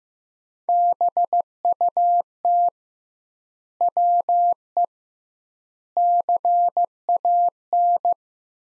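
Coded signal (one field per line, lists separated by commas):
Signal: Morse code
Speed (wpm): 16 wpm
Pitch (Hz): 700 Hz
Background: none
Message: BUT WE CAN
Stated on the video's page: Morse practice: sentences built from the top 100 words at 15 wpm with double word-spacing, a word-based Farnsworth-like approach.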